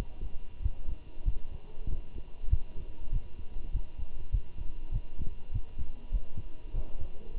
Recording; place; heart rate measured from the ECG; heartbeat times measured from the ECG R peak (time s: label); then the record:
heart sounds by stethoscope; between the tricuspid and mitral areas; 98 bpm
0.63 s: heartbeat
1.26 s: heartbeat
1.89 s: heartbeat
2.51 s: heartbeat
3.13 s: heartbeat
3.73 s: heartbeat
4.33 s: heartbeat
4.92 s: heartbeat
5.53 s: heartbeat
6.13 s: heartbeat
6.74 s: heartbeat
7.37 s: heartbeat
From the record:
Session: walking at 3.7 km/h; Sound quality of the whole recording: good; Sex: male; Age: 23 years